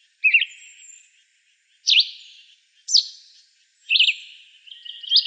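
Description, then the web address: Yellow-green vireo calls: several high, harsh notes, each a sharp down-and-up flick trailing into a buzzy, fading tail, spaced about a second apart. Recorded in Texas in June 2005. "Vireos YGVI TX 062005. deviche"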